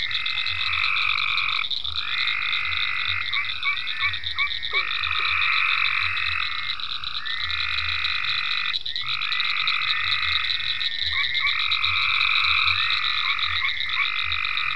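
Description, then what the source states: A frog chorus of sustained, vibrating notes, each about a second or two long, overlapping, with a high steady drone and an intermittent low rumble. Several frogs in ponds at Venaura farm, recorded 27 May 2010.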